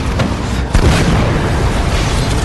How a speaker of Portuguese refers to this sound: Mas que raio foi isto? Fogo antiaéreo? Isto não tem piada!